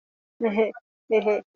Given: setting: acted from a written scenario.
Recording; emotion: vocal sound without words; embarrassment